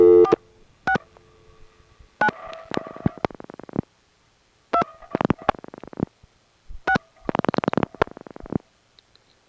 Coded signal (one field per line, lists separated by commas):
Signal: DTMF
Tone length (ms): 80 ms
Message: 46 9 2 6